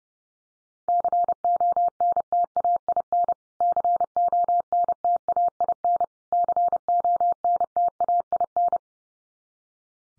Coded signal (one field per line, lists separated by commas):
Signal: Morse code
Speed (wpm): 30 wpm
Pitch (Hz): 700 Hz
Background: none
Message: CONTAIN CONTAIN CONTAIN